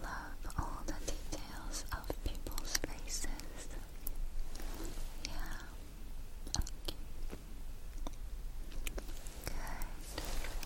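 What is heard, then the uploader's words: Soft whispering runs through the clip over a dense bed of small tactile sounds: light taps, brushing and fingertip contacts, with sharper clicks every second or so. It stays steady throughout, with a low rumble underneath. ASMR Tracing & Touching Your Face.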